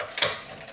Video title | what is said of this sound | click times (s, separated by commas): We finally drive the Mazdaspeed3 after the engine swap! - Engine Swap Series Part 8 | make sure that you hear it click a couple times so that way you're | 0.0 s, 0.2 s